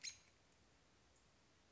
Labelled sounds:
American Robin (Turdus migratorius)

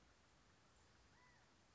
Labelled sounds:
California Quail (Callipepla californica)

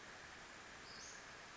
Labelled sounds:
Western Flycatcher (Empidonax difficilis)

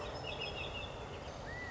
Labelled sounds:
California Quail (Callipepla californica)

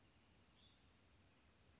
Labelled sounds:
Hutton's Vireo (Vireo huttoni)

